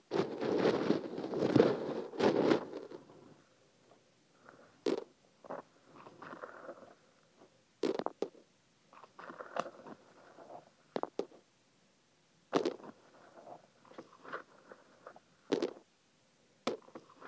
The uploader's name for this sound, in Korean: 귀에 참깨 넣는 소리